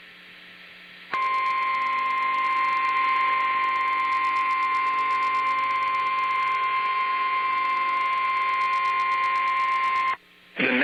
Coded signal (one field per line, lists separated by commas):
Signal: Emergency Alert System (SAME) tones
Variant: 1050 Hz attention tone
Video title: TESTS AND MARINE WARNINGS | EAS Alerts from 2/3/21 - 2/6/21 (EAS #167-178)